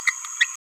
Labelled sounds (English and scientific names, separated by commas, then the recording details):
Green-rumped Parrotlet (Forpus passerinus) babbling
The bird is a female
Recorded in a nest box in Venezuela
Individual 17B31A3